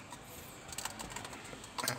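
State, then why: Not seated. A removable plastic cup for cigarettes or coins is being put back into its slot in the center console of a Nissan Sylphy 1.6 SV. Short plastic handling taps are heard around 0.8 s and again near 1.8–1.9 s. The cup is only being handled, and nothing has seated or clicked yet.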